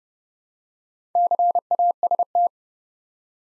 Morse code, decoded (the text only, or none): CAST